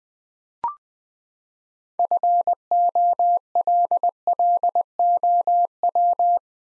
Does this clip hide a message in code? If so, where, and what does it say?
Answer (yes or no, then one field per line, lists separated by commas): yes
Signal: Morse code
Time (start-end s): 2.0-6.4 s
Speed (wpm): 20 wpm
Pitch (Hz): 700 Hz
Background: none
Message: FOLLOW